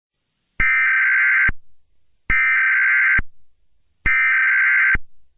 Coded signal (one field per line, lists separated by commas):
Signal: Emergency Alert System (SAME) tones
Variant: header bursts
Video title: From the GoldenboyEAS Archives: EAS Scenario- War of the Century In Mobius City (Part II)